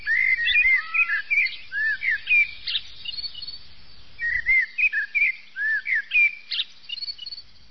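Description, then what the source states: Common blackbird singing fluty, whistled phrases with slurred notes and higher squeaky flourishes, delivered in two bursts separated by a short pause. Blackbird song from a bird-catching (uccellagione) recording.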